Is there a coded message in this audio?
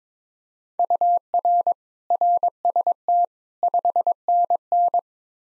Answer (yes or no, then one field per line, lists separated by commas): yes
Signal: Morse code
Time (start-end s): 0.8-5.0 s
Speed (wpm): 22 wpm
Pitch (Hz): 700 Hz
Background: none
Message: UR RST 5NN